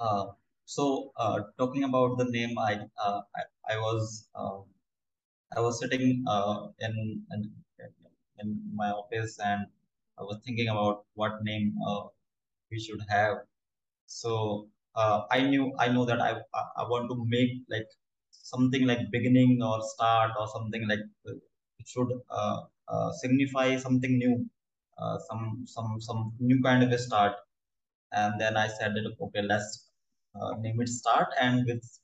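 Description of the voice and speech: A 26-year-old man from New Delhi, India, who stammers speaks conversationally with frequent whole-word and part-word repetitions ("I, I, I", "in, in, in", "some some some"), prolonged sounds, many "uh" fillers and broken pauses. His stammering began late, around age 8 or 9, and he has never had speech therapy. These disfluencies are typical of stuttering (stammering).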